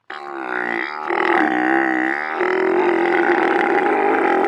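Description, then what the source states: Camel giving a long, harmonic, moaning groan that grows louder partway through. Camel unhappy with the microphone in its face, making all kinds of noise while its trainer works with it.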